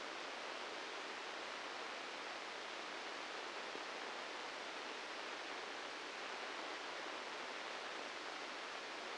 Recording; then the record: brain microelectrode recording played as sound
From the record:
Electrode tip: inside the subthalamic nucleus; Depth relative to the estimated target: -2 mm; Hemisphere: left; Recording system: NeuroSet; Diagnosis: Parkinson's disease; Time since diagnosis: 13 years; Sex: male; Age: 65 years